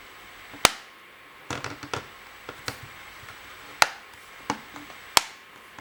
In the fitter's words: so just lower it into position and then go around the edge of the case and push down until you hear it click into place